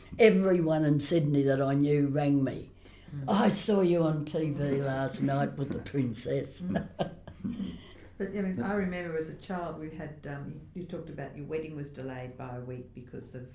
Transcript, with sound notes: Everyone in Sydney that I knew rang me. ‘I saw you on TV last night with the Princess!’ [Laughs]
I remember as a child we had… You talk about how your wedding was delayed by a week because of…